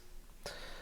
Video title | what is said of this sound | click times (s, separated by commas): Makita MakPak Stackable Case 821550-0 | all you do is like these this locks into place like this that's | 0.5 s